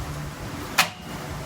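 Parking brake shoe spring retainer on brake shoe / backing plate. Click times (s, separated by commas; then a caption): 0.8 s. A parking brake shoe spring retainer on the brake shoe and backing plate of a 1999–2010 Chevy Silverado or GMC Sierra is pushed home by hand. It gives one sharp metallic snap at 0.8 s over a steady low background hum. The retainer is seated.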